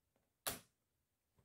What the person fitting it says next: Et c'est bon, c'est enclenché.